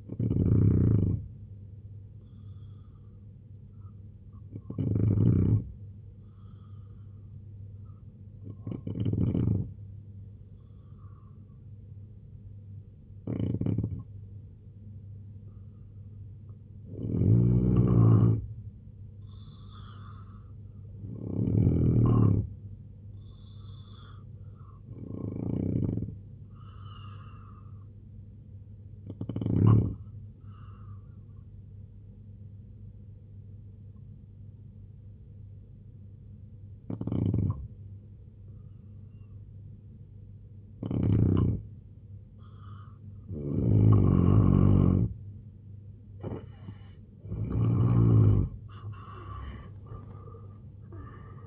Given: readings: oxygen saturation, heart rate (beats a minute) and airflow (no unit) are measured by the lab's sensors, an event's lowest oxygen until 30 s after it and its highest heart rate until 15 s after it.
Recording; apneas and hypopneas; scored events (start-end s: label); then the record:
breathing in sleep by a smartphone at the bedside; 2
5.00-19.10 s: hypopnea (N2, oxygen 92% highest, then 89% lowest, heart rate 68 at the start, 76 highest)
28.00-44.80 s: hypopnea (N2, oxygen 91% highest, then 84% lowest, heart rate 69 at the start, 99 highest)
From the record:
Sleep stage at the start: N2 (light sleep); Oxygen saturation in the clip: 89 to 92%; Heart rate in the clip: 65 to 85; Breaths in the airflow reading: 12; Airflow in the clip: -8.0 to 7.1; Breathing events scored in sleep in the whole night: 258 in 7.4 hours asleep